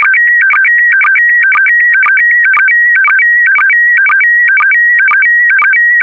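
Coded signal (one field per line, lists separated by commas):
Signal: SSTV (slow-scan television)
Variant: PD120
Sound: rhythmic warbling tones repeating twice a second, with short low blips and steady mid tones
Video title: (04 of 12) ISS Expedition 66 - MAI-75 February 2022 - Retransmission SSTV PD120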